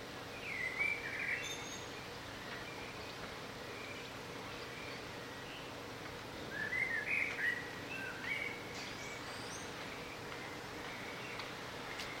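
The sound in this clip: Bird song, two brief chirping twittery phrases near the start and again around seven seconds, over a steady low hum and background noise.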